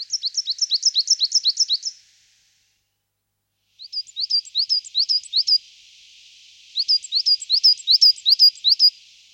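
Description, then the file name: Coal tit song: a fast, high, two-note phrase repeated rapidly in three bouts separated by short pauses, with a faint hiss in the background. "Sortmejse"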